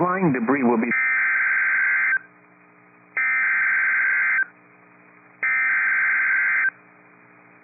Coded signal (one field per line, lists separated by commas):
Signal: Emergency Alert System (SAME) tones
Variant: header bursts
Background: speech